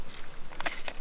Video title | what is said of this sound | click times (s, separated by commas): Bushcraft Ready? - EKA Nordic W12 Knife - Review | the blade locks into place very securely that is good | 0.6 s, 0.9 s